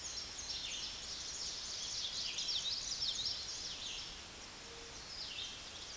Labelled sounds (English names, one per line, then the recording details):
Common Yellowthroat song
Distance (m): 25 m
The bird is about 5 m above the microphone
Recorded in a Pennsylvania forest on 16 May 2024 at 06:16
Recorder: AudioMoth, point MSD-1295
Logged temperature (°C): 13.7 °C
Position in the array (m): 200 m, 107 m